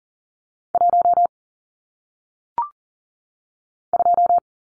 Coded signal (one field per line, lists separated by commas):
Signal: Morse code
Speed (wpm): 38 wpm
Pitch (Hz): 700 Hz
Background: none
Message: 1 2